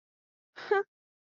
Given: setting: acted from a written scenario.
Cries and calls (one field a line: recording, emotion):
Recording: vocal sound without words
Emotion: pride